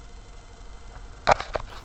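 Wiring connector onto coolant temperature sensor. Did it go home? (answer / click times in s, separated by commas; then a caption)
yes / 1.3 s, 1.6 s. A plastic wiring connector is pushed back onto a new coolant temperature sensor on the engine of a 2006 Peugeot 206 SW. After a quiet stretch of low background noise, sharp clicks ring out at 1.3 and 1.6 seconds with a few softer ticks nearby. The connector latches and is seated.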